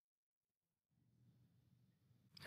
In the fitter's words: and so that and you hear those clicks that means that the the lead is actually you know